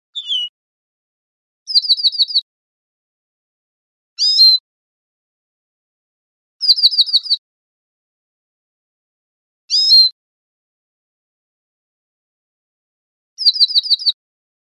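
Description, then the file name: Lesser goldfinch calls: short high stuttering trills alternating with quick rising notes, each burst separated by a few seconds of silence. Costa Rica, 2 June 2010. "CR LEGO 100602"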